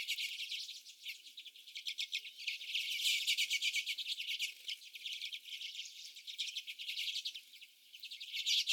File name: Common Redpolls